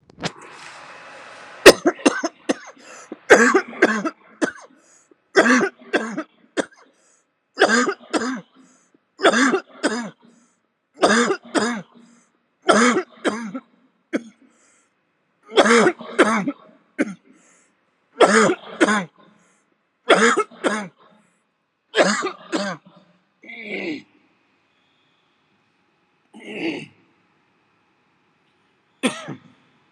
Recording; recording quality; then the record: heavy voluntary cough; excellent, no background noise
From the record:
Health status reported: COVID-19 positive, moderate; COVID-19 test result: positive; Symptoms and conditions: cough, cold, fever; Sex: male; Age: 44 years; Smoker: not ticked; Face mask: worn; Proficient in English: yes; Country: India